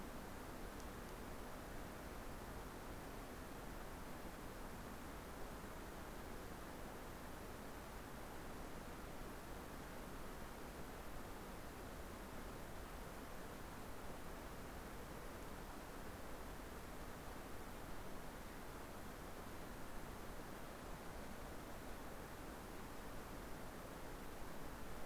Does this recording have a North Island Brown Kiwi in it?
no